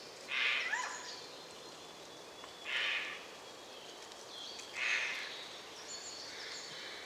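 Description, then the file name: Eurasian jay producing three harsh, raspy screeches about two seconds apart, with faint thin calls and a constant hiss behind. "Garrulus glandarius"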